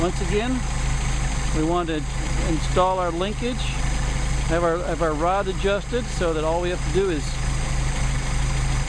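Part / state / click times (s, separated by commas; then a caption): carburetor linkage rod onto carburetor ball stud / not seated / none. A pre-adjusted carburetor linkage rod is being handled, about to be pressed onto its ball stud on the Solex carburetor of a 190SL while the engine idles steadily underneath. Someone talks throughout over the low, constant engine hum. The rod has not snapped onto the ball stud yet; nothing has seated or clicked.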